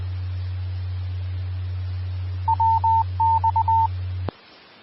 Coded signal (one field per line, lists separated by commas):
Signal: Morse code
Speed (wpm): 20 wpm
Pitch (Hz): 900 Hz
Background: none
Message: WX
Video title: 2013-08-03 - Denver Area Skywarn Repeater 146.940 Mhz